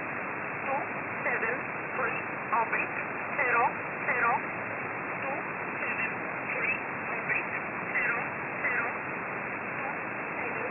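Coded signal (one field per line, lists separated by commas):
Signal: numbers station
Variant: E11 Oblique, English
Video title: 17 02 2022 Number station E11 Oblique in English to Eu 0930 on 7469 unknown tx site in USB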